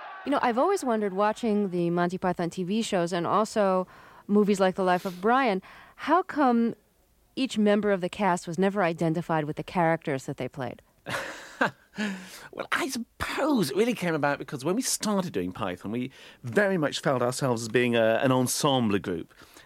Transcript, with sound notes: You know, I've always wondered, watching the Monty Python TV shows and also movies like "The Life Of Brian," how come each member of the cast was never identified with the characters that they played?
(Laughter) Well, I suppose it really came about because when we started doing Python, we very much felt ourselves as being an ensemble group.